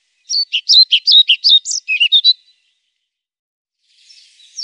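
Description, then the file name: European pied flycatcher song: a quick two-second phrase of about a dozen high, alternating sweet notes, ending abruptly, with a faint high call later. "Svartvit flugsnappare"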